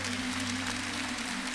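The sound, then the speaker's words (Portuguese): An audience claps together for the Lord in a dense, steady wash of applause, holding at an even level for the whole moment while a low sustained tone hums underneath. “Dê um forte aplauso para o Senhor.”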